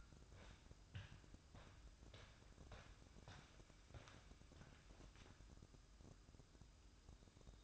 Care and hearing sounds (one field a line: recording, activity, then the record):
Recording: daily activity, microphone in the room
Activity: walk to room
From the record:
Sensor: 2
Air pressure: 1008.1 hPa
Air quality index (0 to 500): 116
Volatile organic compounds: 1 ppm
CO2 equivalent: 864 ppm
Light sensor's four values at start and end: 7/18/7/7 and 7/17/7/7